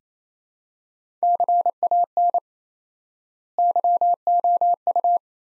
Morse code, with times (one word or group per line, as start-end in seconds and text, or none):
1.2-2.4 CAN
3.6-5.2 YOU